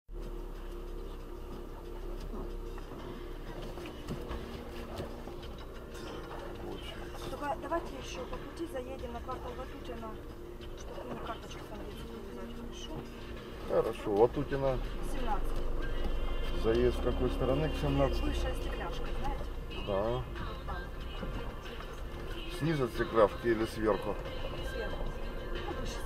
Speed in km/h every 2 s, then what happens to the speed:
0, 0, 0, 0, 0, 0, 0, 0, 0, 3, 3, 3, 6.
0-17 standing. 17-26 pulls away to 6.